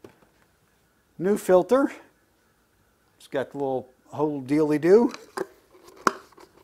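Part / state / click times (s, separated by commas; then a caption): oil filter element into filter housing cap / seated / 6.1 s. Someone talks while a new paper and plastic oil filter element for an R172 is pressed onto its plastic filter housing cap. A sharp, loud click at 6.1 s marks the element snapping into the cap, and it is seated.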